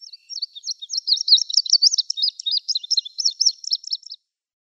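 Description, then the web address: Indigo bunting song: a rapid series of high, sweet paired notes, many repeated in twos, running for about four seconds with a clean, quiet background. "Schulze Peter Indigo Bunting song"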